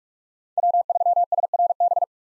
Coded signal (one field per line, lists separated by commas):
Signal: Morse code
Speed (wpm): 41 wpm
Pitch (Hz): 700 Hz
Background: none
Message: W3SRB